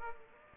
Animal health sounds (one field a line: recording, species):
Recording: mosquito wingbeat signal from an infrared sensor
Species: Aedes aegypti